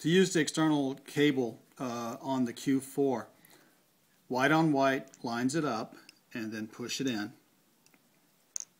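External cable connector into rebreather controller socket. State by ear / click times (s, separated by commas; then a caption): seated / 8.6 s. Someone talks while lining up the external cable connector for a NiTek Q4, white mark to white mark, and pushing it into the rebreather controller socket. After the talking stops there is a quiet stretch, then one sharp, loud click at 8.6 s as the connector seats in place.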